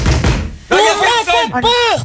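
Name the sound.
banging on a door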